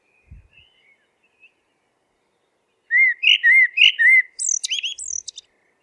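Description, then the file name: Eurasian blackbird song, a quiet start then rich fluted notes repeated in a short run, closing with a high scratchy twittering flourish. "merel zang"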